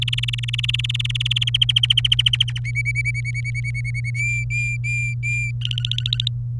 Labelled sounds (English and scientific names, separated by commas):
Domestic Canary (Serinus canaria) song